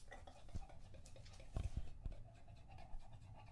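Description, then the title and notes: English Bulldog: dog panting heavily, soft rough breaths with a few louder snuffling bursts around the middle of the short stretch. Male English Bulldog breathing heavily between drinks from a water bowl after a long walk, out of breath from the walk and the long drinking. "Lucho the English Bulldog"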